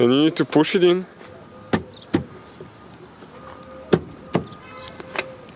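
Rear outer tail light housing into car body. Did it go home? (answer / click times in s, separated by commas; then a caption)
yes / 5.2 s. Someone talks, then an outer rear tail light housing on a Chevrolet Cruze is pushed into the rear body opening so its plastic retaining pins lock. Several short knocks and clicks follow. The housing locks into place with a sharp click at 5.2 seconds.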